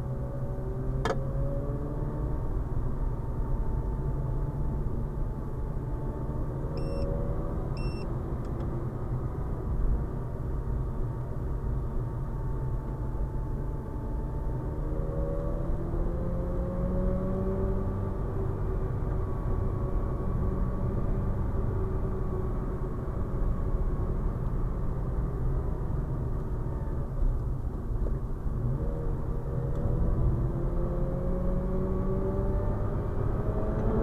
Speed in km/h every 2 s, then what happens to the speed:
49, 46, 49, 54, 52, 47, 48, 57, 61, 60, 59, 57, 48, 47, 55, 63, 74.
3-6 speeds up to 54. 6-11 slows to 47. 11-16 speeds up to 61. 16-21 steady at about 60. 21-24 brakes to 48. 26-34 speeds up to 74.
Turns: 27-34.